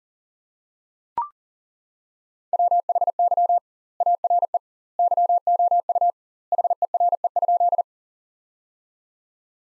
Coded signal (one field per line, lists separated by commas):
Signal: Morse code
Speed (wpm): 40 wpm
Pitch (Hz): 700 Hz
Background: none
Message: WHY ARE YOU HERE?